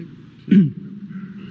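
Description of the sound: One brief, harsh cough from an adult man, speaking at a press briefing microphone, over low room hum.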